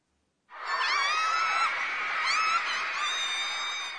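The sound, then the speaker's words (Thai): A crowd of girls shrieks excitedly at their favourite celebrity in a sustained, high-pitched chorus that starts abruptly and holds loud and steady for several seconds, with overlapping squeals rising and falling. “สาวๆพากันร้องกรี๊ดใส่ดาราขวัญใจนะคะ ครับเราใช้คำนี้เมื่ออธิบายเสียงกรี๊ดของผู้หญิงนะครับ”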